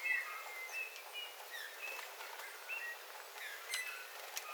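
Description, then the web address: Eurasian bullfinch song: quiet, piping whistles and short slurred notes in loose sequence over a steady background hiss. Several bullfinches singing, recorded 13 February 2026. "paivat 13 2 2026 punatulkkujen laulua"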